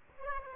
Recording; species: mosquito wingbeat signal from an infrared sensor; Aedes aegypti